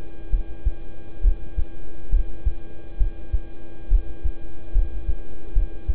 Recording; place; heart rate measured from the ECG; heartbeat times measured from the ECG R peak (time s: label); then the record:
heart sounds by stethoscope; between the tricuspid and mitral areas; 69 bpm
0.30 s: heartbeat
1.21 s: heartbeat
2.10 s: heartbeat
2.97 s: heartbeat
3.88 s: heartbeat
4.72 s: heartbeat
5.53 s: heartbeat
From the record:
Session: rest, lying down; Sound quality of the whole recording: good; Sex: male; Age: 26 years